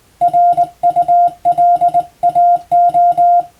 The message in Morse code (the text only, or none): RULAO